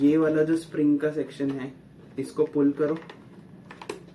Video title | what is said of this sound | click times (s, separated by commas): Night Ride Essentials 🌙 - Why I Changed My Helmet Visor Before My Endurance Ride | इसको आप जैसे ही पुल करोगे ये कटक होएगा और ये लॉक हो जाएगा। | 3.7 s, 3.8 s, 3.9 s